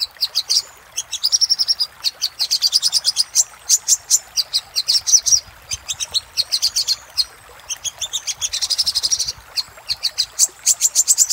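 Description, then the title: Little spiderhunter singing a long stream of quick, high-pitched chips in steady bursts with short gaps between runs. Master recording used for training cage birds. "Masteran Burung Sogok Ontong Labaik"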